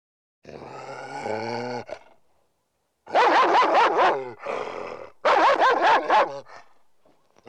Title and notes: NHK Sound Effects Collection - 3-Frogs, Crickets, Cicadas, Horses, Dogs. NHK効果音集 - 3-カエル・虫・セミ・ウマ・イヌ